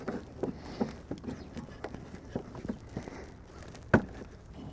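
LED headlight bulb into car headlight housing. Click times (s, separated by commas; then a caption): 3.9 s. An LED headlight bulb is worked back into a car headlight housing and twisted or pushed home, making a series of soft plastic knocks and scrapes. A sharp, loud snap at 3.9 s marks the bulb locking into the housing, and it is seated.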